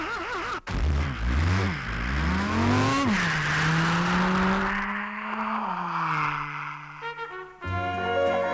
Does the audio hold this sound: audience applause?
no